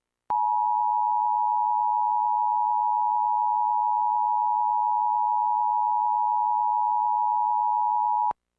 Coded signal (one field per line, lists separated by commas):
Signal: Emergency Alert System (SAME) tones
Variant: 853 and 960 Hz attention tone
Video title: EAS #1217: EAS Required Monthly Test- Aug. 3, 2026- 8:15PM PDT